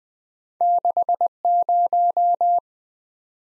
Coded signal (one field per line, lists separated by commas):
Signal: Morse code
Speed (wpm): 20 wpm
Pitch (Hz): 700 Hz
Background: none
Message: 60